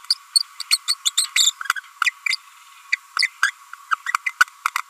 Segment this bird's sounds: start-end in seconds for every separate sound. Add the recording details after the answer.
0.10-0.14, 0.35-0.39, 0.60-0.61, 0.71-0.77, 0.88-0.94, 1.05-1.09, 1.17-1.26, 1.36-1.50, 1.75-1.80, 2.04-2.10, 2.26-2.28, 2.92-2.96, 3.19-3.22, 3.43-3.51, 3.91-3.95, 4.06-4.12, 4.26-4.28, 4.40-4.44. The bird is a female. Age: 30 days. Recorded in a nest box in Venezuela. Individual 17B42A4